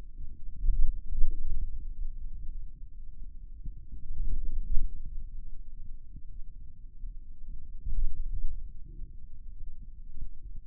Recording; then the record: forearm muscle sounds (acoustic myography)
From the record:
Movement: ulnar deviation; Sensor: system 2, bracelet of six BSWA MPA416 microphones around the upper forearm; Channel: 4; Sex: male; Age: 22 years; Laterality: right